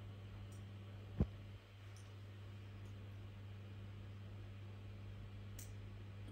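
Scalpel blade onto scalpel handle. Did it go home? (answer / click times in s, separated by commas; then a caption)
yes / 5.6 s. A metal surgical blade is slid onto a scalpel handle during an OSCE procedure demonstration and locks in place with a click at 5.6 s, so the blade is seated. A brief sharp tick is heard earlier at 1.2 s over a steady low hum.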